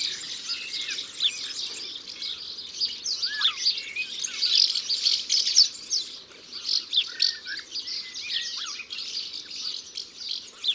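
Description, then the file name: European serin song, a rapid, high jingling twitter running continuously, with scattered lower whistled notes. "Serin cini ABC des chants doiseaux"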